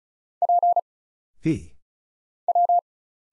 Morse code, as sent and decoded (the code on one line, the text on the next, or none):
.--. / .--
P W